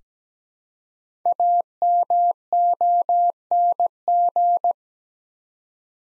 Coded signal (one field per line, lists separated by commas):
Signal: Morse code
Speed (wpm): 17 wpm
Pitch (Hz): 700 Hz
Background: none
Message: AMONG